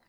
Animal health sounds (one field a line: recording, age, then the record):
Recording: pig call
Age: piglet (1 to 25 days)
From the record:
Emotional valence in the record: positive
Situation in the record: reunion after long isolation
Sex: male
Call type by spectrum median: low-frequency call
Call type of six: low-frequency tonal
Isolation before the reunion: 8 minutes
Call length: 0.09 s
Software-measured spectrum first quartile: 670 Hz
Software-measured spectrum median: 1704 Hz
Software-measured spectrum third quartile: 3631 Hz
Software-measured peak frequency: 223 Hz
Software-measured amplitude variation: 99 dB a second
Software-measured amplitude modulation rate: 11.7 a second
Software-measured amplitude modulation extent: 8.5 dB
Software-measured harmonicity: -0.9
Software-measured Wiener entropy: -1.36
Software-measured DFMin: 755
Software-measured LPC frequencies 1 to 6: 756, 1921, 2751, 4037, 4928, 7644 Hz